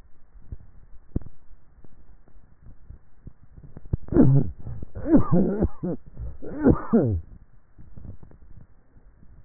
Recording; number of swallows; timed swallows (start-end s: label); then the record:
swallowing sounds by neck microphone; 3
0.34-1.68 s: swallow
2.68-3.84 s: swallow
7.81-9.01 s: swallow
From the record:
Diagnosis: dysphagia